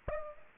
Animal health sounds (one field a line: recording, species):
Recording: mosquito wingbeat signal from an infrared sensor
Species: Aedes aegypti